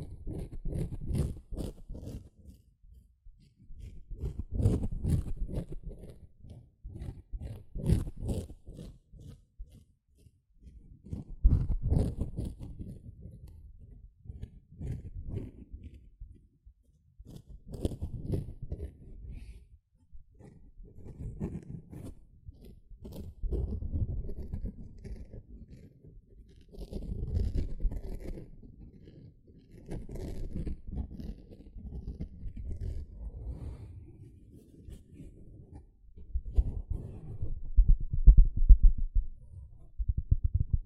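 A sponge is squished and scratched in repeated bursts, each lasting a couple of seconds with brief pauses between. The sounds are mostly low and soft, with dense, crackly textures and occasional brighter scratchy ticks. The rhythm is irregular but steady throughout.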